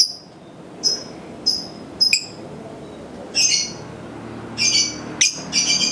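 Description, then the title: Lovebird giving short bright chirps and buzzy bursts at irregular intervals, separated by quiet gaps with low background hiss. Used to train birds. "MASTERAN BURUNG 2"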